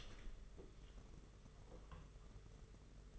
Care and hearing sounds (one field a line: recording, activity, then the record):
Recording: daily activity, microphone in the room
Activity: open door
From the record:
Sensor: 4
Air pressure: 992.3 hPa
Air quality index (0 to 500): 112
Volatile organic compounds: 20 ppm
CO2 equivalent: 2700 ppm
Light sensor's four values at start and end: 21/74/27/28 and 21/73/27/28